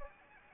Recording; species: mosquito wingbeat signal from an infrared sensor; Anopheles gambiae